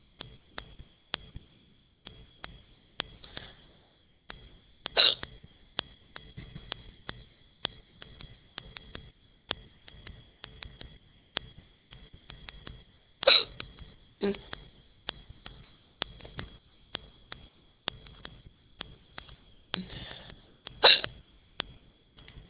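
Several abrupt, sharp hiccups from an adult, coming at irregular intervals over light background clicking, typical of ordinary hiccups.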